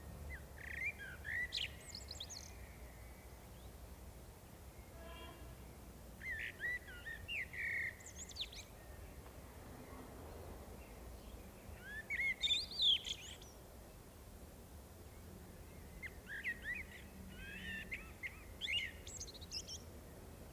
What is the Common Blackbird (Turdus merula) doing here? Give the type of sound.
song